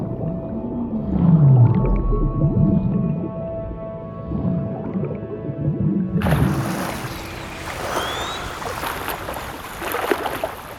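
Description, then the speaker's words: Blue whale song: deep, slowly sweeping moans for about six seconds, then a sudden loud hissing noise takes over. Blue whales are the largest and loudest animals, louder than a rocket, able to hear each other up to 1500 km away. "En wat je hoort is het gezang van een blauwe vinvis."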